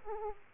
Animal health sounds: mosquito wingbeat signal from an infrared sensor; Aedes aegypti

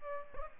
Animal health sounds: mosquito wingbeat signal from an infrared sensor; Aedes aegypti

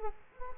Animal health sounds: mosquito wingbeat signal from an infrared sensor; Culex quinquefasciatus

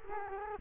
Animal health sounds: mosquito wingbeat signal from an infrared sensor; Culex quinquefasciatus

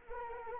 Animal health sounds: mosquito wingbeat signal from an infrared sensor; Anopheles arabiensis

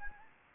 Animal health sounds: mosquito wingbeat signal from an infrared sensor; Anopheles gambiae

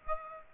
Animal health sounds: mosquito wingbeat signal from an infrared sensor; Aedes aegypti

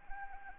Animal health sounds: mosquito wingbeat signal from an infrared sensor; Anopheles arabiensis

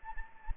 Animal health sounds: mosquito wingbeat signal from an infrared sensor; Anopheles gambiae

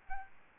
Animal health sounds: mosquito wingbeat signal from an infrared sensor; Aedes albopictus

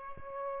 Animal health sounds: mosquito wingbeat signal from an infrared sensor; Aedes albopictus

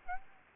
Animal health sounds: mosquito wingbeat signal from an infrared sensor; Aedes aegypti

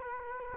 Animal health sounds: mosquito wingbeat signal from an infrared sensor; Culex quinquefasciatus

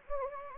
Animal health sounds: mosquito wingbeat signal from an infrared sensor; Anopheles gambiae

